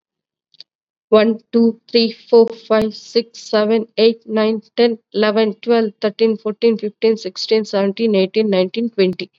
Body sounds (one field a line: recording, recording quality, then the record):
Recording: counting at a fast pace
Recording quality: excellent, no background noise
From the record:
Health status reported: COVID-19 positive, mild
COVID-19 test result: positive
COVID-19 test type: rapid antigen test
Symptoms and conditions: cough, fever, fatigue, muscle pain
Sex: female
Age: 36 years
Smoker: no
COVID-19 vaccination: both doses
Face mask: worn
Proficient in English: yes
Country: India